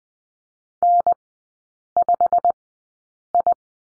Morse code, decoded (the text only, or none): N5I